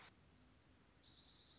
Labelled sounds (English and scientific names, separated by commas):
Orange-crowned Warbler (Leiothlypis celata)